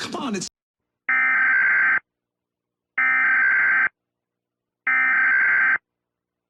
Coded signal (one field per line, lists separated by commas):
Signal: Emergency Alert System (SAME) tones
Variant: header bursts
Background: speech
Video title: Nickelodeon Emergency Alert System, July 23rd, 2005 (George Lopez I Only Have Eyes For You)